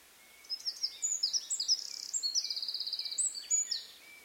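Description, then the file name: Eurasian wren song: a fast, piercing phrase of high chips leading into a long, even trill, then a few final bright notes. "Troglodytes troglodytes"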